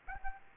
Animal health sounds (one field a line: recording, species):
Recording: mosquito wingbeat signal from an infrared sensor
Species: Aedes aegypti